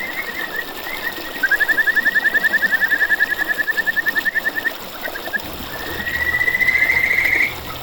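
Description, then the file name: Kajika frog giving a fast train of clear pulsed notes, a pause, then a rising, drawn-out trill toward the end, over a steady hiss. "buergeri"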